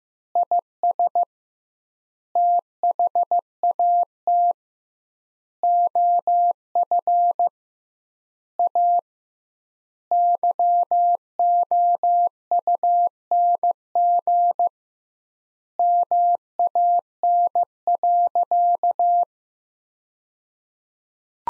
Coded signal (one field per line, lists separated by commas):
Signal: Morse code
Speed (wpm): 15 wpm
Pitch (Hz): 700 Hz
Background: none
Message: IS THAT OF A YOUNG MAN.